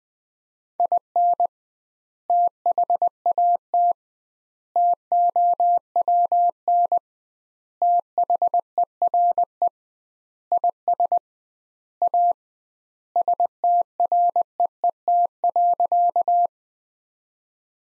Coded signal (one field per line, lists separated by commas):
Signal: Morse code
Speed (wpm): 21 wpm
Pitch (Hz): 700 Hz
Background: none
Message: IN THAT TOWN THERE IS A STREET.